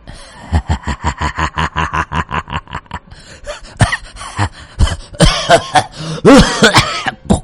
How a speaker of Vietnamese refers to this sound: Vì vậy cơn ho cũng phát tác.